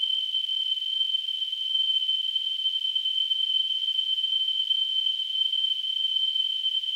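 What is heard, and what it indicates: A simulated tinnitus sound: a steady, continuous high-pitched tone near 3 kHz with a faint hiss around it, unchanging throughout.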